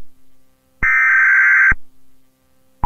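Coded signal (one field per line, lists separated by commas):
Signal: Emergency Alert System (SAME) tones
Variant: header bursts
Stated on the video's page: Fictional simulated EAS alert containing valid EAS tones.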